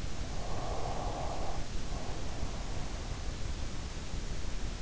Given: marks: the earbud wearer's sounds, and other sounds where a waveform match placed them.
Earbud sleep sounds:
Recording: sounds in sleep by an in-ear microphone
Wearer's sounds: breath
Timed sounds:
0.41-3.55 s: breath

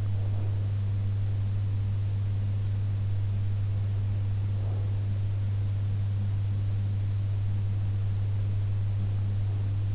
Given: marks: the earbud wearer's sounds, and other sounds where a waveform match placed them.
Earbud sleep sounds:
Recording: sounds in sleep by an in-ear microphone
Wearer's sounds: breath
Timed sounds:
0.00-0.99 s: breath

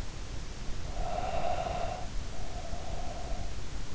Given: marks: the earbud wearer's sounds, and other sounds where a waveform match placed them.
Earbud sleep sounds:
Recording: sounds in sleep by an in-ear microphone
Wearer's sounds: breath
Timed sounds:
0.76-3.54 s: breath

